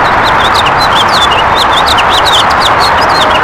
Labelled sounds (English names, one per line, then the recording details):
House Finch song
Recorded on Long Island, New York, on 14 June 2012
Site CH
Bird A